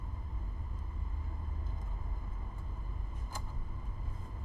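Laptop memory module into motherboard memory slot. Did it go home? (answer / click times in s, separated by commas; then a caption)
no / none. A laptop memory module is handled over its motherboard memory slot against a steady low rumble, with a brief sharp transient around 3.4 seconds. Nothing has seated or clicked yet; the module is not yet home in the slot.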